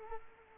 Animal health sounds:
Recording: mosquito wingbeat signal from an infrared sensor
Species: Culex quinquefasciatus

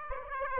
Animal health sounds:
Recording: mosquito wingbeat signal from an infrared sensor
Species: Aedes aegypti

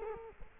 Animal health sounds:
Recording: mosquito wingbeat signal from an infrared sensor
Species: Culex quinquefasciatus

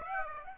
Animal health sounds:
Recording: mosquito wingbeat signal from an infrared sensor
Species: Aedes aegypti

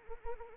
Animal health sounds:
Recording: mosquito wingbeat signal from an infrared sensor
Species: Anopheles arabiensis

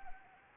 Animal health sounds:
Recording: mosquito wingbeat signal from an infrared sensor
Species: Anopheles arabiensis

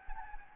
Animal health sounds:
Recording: mosquito wingbeat signal from an infrared sensor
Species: Anopheles gambiae

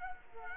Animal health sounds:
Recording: mosquito wingbeat signal from an infrared sensor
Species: Culex quinquefasciatus

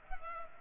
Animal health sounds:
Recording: mosquito wingbeat signal from an infrared sensor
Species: Culex pipiens

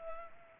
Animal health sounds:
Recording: mosquito wingbeat signal from an infrared sensor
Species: Culex pipiens

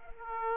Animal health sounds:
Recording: mosquito wingbeat signal from an infrared sensor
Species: Aedes aegypti

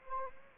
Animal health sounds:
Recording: mosquito wingbeat signal from an infrared sensor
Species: Anopheles arabiensis

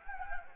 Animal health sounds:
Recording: mosquito wingbeat signal from an infrared sensor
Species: Anopheles gambiae

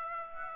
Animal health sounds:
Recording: mosquito wingbeat signal from an infrared sensor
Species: Aedes aegypti

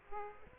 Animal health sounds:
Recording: mosquito wingbeat signal from an infrared sensor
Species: Aedes aegypti

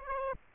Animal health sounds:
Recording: mosquito wingbeat signal from an infrared sensor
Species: Aedes aegypti

